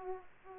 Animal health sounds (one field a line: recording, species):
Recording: mosquito wingbeat signal from an infrared sensor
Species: Aedes aegypti